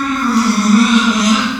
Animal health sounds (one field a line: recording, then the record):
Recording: squeal of a Yucatan mini pig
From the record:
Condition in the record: after surgery on the right vocal fold (resection and tissue-engineered implant)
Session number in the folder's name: 14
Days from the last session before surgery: 133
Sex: female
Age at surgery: 19 weeks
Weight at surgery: 25 kg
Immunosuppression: prednisolone